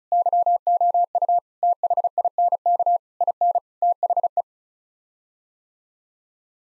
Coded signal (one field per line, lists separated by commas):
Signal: Morse code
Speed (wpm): 34 wpm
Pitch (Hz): 700 Hz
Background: none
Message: YOU THINK IN THE